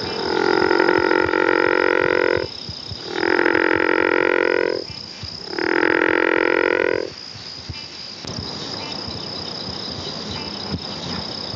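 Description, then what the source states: True frog giving three long, droning croaks, each about two seconds with short pauses between, followed by quieter background hiss. True frogs of the family Ranidae.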